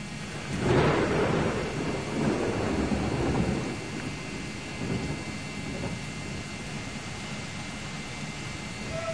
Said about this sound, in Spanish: Sí, está tronando.